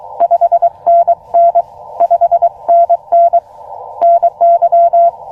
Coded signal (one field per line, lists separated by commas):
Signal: Morse code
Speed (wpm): 22 wpm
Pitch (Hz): 690 Hz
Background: none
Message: 5NN 5NN NY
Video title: First SOTA Activation CW Ham Radio Morse Code POTA w/a Puppy Elecraft KX2 Practice Parks on the Air